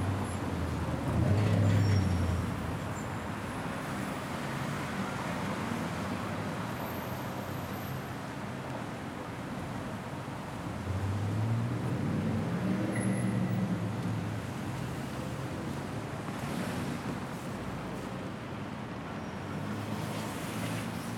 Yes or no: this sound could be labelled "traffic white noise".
yes